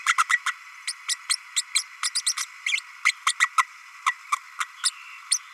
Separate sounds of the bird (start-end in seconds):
0.06-0.14, 0.18-0.23, 0.29-0.39, 0.46-0.53, 0.87-0.93, 1.08-1.16, 1.29-1.37, 1.56-1.62, 1.75-1.83, 2.02-2.10, 2.15-2.23, 2.26-2.36, 2.37-2.46, 2.66-2.80, 3.05-3.12, 3.26-3.33, 3.40-3.49, 3.57-3.64, 4.06-4.14, 4.32-4.36, 4.60-4.65, 4.83-4.90, 5.31-5.40